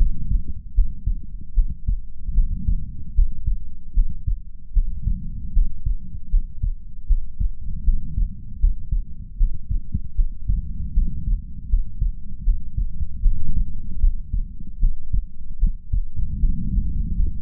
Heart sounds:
heart sounds by stethoscope; 77 bpm
0.73 s: heartbeat
1.53 s: heartbeat
2.33 s: heartbeat
3.13 s: heartbeat
3.93 s: heartbeat
4.72 s: heartbeat
5.52 s: heartbeat
6.29 s: heartbeat
7.06 s: heartbeat
7.83 s: heartbeat
8.58 s: heartbeat
9.36 s: heartbeat
10.14 s: heartbeat
10.92 s: heartbeat
11.68 s: heartbeat
12.43 s: heartbeat
13.21 s: heartbeat
13.98 s: heartbeat
14.78 s: heartbeat
15.58 s: heartbeat
16.39 s: heartbeat
17.14 s: heartbeat
From the record:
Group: healthy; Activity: cold pressor test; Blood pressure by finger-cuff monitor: 107/61 mmHg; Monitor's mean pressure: 77 mmHg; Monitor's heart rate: 76 bpm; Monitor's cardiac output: 6.7 L/min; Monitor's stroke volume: 86 mL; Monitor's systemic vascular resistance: 840 dyn s/cm5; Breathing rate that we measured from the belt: 11 breaths a minute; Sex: female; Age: 26 years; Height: 165 cm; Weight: 55 kg

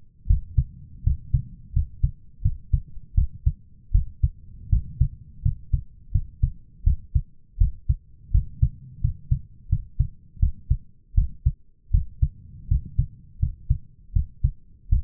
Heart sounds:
heart sounds by stethoscope; 82 bpm
0.27 s: heartbeat
1.03 s: heartbeat
1.73 s: heartbeat
2.42 s: heartbeat
3.15 s: heartbeat
3.92 s: heartbeat
4.69 s: heartbeat
5.42 s: heartbeat
6.12 s: heartbeat
6.84 s: heartbeat
7.58 s: heartbeat
8.31 s: heartbeat
9.01 s: heartbeat
9.69 s: heartbeat
10.39 s: heartbeat
11.15 s: heartbeat
11.91 s: heartbeat
12.68 s: heartbeat
13.39 s: heartbeat
14.13 s: heartbeat
14.89 s: heartbeat
From the record:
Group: healthy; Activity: rest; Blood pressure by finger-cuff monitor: 146/104 mmHg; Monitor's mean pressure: 115 mmHg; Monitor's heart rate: 82 bpm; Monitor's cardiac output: 6.9 L/min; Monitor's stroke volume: 83 mL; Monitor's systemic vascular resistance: 1250 dyn s/cm5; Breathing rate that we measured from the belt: 16 breaths a minute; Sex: male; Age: 23 years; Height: 179 cm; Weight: 87 kg

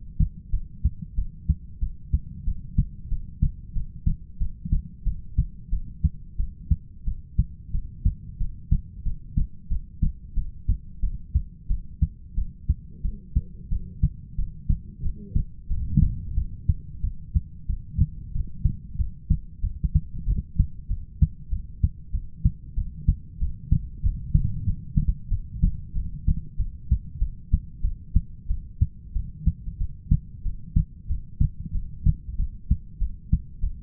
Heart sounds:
heart sounds by stethoscope; 92 bpm
0.52 s: heartbeat
1.16 s: heartbeat
1.81 s: heartbeat
2.46 s: heartbeat
3.10 s: heartbeat
3.74 s: heartbeat
4.39 s: heartbeat
5.05 s: heartbeat
5.71 s: heartbeat
6.38 s: heartbeat
7.06 s: heartbeat
7.73 s: heartbeat
8.39 s: heartbeat
9.04 s: heartbeat
9.69 s: heartbeat
10.35 s: heartbeat
11.02 s: heartbeat
11.69 s: heartbeat
12.36 s: heartbeat
13.03 s: heartbeat
13.70 s: heartbeat
14.37 s: heartbeat
15.03 s: heartbeat
15.69 s: heartbeat
16.36 s: heartbeat
17.02 s: heartbeat
17.68 s: heartbeat
18.33 s: heartbeat
18.97 s: heartbeat
19.62 s: heartbeat
20.26 s: heartbeat
20.89 s: heartbeat
21.50 s: heartbeat
22.12 s: heartbeat
22.76 s: heartbeat
23.40 s: heartbeat
24.02 s: heartbeat
24.65 s: heartbeat
25.30 s: heartbeat
25.94 s: heartbeat
26.58 s: heartbeat
27.20 s: heartbeat
27.83 s: heartbeat
28.49 s: heartbeat
29.14 s: heartbeat
29.79 s: heartbeat
30.44 s: heartbeat
31.08 s: heartbeat
31.73 s: heartbeat
32.38 s: heartbeat
33.00 s: heartbeat
33.61 s: heartbeat
From the record:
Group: heart failure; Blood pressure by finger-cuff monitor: 109/73 mmHg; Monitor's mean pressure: 85 mmHg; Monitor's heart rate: 92 bpm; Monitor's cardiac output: 7.4 L/min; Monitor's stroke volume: 81 mL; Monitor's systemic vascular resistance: 830 dyn s/cm5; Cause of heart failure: ischemic heart disease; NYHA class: 1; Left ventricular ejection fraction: 38%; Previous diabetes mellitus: present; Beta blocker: bisoprolol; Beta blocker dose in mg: 15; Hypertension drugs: sacubitril-valsartan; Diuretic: furosemide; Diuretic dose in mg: 20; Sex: male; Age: 33 years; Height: 172 cm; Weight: 78.5 kg

